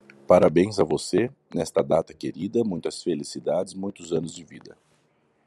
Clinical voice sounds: short text; Brazilian Portuguese; male; 30 to 39 years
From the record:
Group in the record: control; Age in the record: 31 years

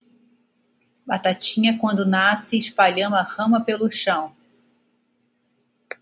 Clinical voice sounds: short text; Brazilian Portuguese; female; 50 to 59 years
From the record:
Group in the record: control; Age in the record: 52 years

